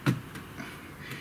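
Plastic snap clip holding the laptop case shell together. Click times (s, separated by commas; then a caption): 0.1 s. A plastic snap clip holding a laptop case shell together releases with a sharp click at 0.1 seconds as the edge of the plastic case is worked around. Fainter, softer sounds follow while the working continues, and the clip is popped undone.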